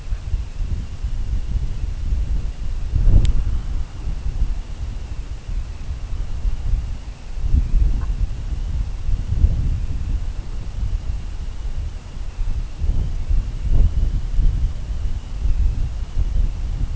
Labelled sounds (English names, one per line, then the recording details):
Brent Goose
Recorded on Arctic tundra, site CORI-1, on 21 June 2018
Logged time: 00:00